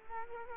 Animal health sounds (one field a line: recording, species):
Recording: mosquito wingbeat signal from an infrared sensor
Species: Culex quinquefasciatus